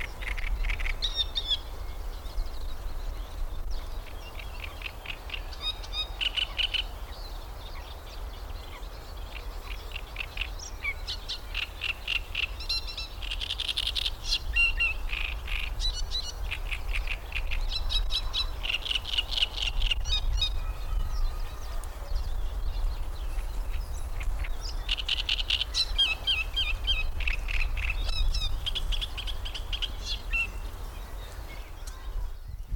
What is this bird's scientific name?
Acrocephalus arundinaceus